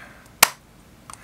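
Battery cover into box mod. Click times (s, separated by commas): 0.4 s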